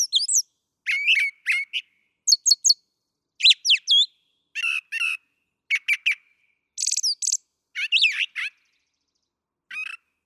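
Brown thrasher song, a run of varied short phrases, many given twice, mixing buzzy chirps and clear whistled notes with brief pauses between each pair.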